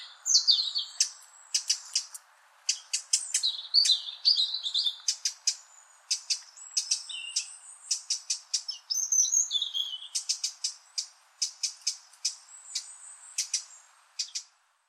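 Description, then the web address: Bird song: bursts of crisp, very high chips mixed with warbled, slurred whistles, in irregular phrases lasting about fifteen seconds against a quiet background. "Deverinetal 2025 File origin Bird Only"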